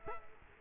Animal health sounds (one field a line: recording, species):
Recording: mosquito wingbeat signal from an infrared sensor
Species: Culex quinquefasciatus